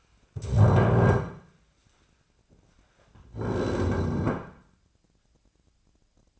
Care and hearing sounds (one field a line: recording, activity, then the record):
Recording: daily activity, microphone in the room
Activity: stand up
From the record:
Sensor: 2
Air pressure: 1009.1 hPa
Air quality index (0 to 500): 176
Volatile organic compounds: 2 ppm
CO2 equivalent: 1280 ppm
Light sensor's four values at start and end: 33/85/37/39 and 36/95/41/44